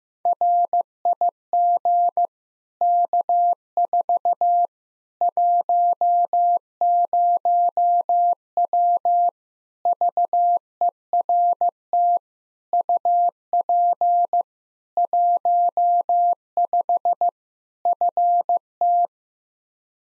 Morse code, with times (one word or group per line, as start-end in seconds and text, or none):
0.3-2.3 RIG
2.8-4.7 K4
5.2-9.3 10W
9.9-12.2 VERT
12.7-14.4 UP
15.0-17.3 15
17.9-19.1 FT